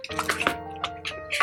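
An Estwing Hunters Axe head is slid into its nylon sheath while the flap with its snap fastener is handled, giving short bright rustles and taps over a steady tonal music bed, with the loudest hits near 0.5 s and 1.4 s. The snap fastener has not clicked shut yet, and nothing has seated by the end of the clip.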